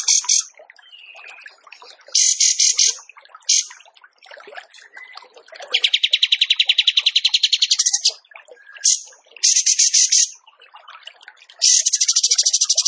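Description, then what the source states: Tembakan bird song of loud buzzy pulsed trills of varying length, separated by softer chirps and short twittering notes. Tembakan bird singing vigorously (gacor), used for training cage birds.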